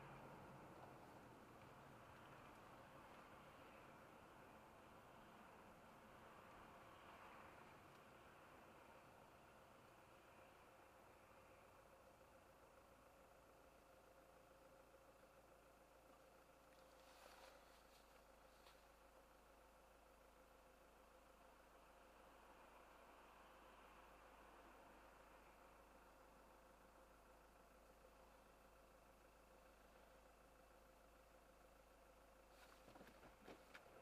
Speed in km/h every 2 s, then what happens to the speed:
34, 27, 23, 19, 13, 10, 6, 0, 0, 0, 0, 0, 0, 0, 0, 0, 0.
0-13 slows to 0. 13-34 standing.